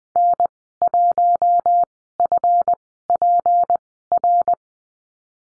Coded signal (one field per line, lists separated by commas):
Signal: Morse code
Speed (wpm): 20 wpm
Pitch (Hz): 700 Hz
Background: none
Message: N1FPR